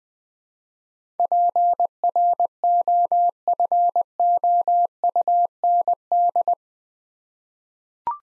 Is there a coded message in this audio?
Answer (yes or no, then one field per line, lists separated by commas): yes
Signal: Morse code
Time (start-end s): 1.2-6.5 s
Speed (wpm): 20 wpm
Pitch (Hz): 700 Hz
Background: none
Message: PROFOUND